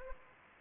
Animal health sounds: mosquito wingbeat signal from an infrared sensor; Anopheles gambiae

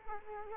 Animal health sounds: mosquito wingbeat signal from an infrared sensor; Culex quinquefasciatus

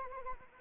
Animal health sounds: mosquito wingbeat signal from an infrared sensor; Anopheles arabiensis

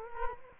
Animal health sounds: mosquito wingbeat signal from an infrared sensor; Culex quinquefasciatus

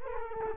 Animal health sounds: mosquito wingbeat signal from an infrared sensor; Culex quinquefasciatus

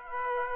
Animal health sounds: mosquito wingbeat signal from an infrared sensor; Aedes aegypti

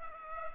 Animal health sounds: mosquito wingbeat signal from an infrared sensor; Culex pipiens

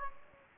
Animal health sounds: mosquito wingbeat signal from an infrared sensor; Anopheles gambiae

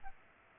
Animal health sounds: mosquito wingbeat signal from an infrared sensor; Culex pipiens

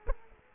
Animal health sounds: mosquito wingbeat signal from an infrared sensor; Culex quinquefasciatus

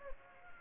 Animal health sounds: mosquito wingbeat signal from an infrared sensor; Aedes aegypti

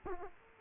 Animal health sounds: mosquito wingbeat signal from an infrared sensor; Aedes aegypti

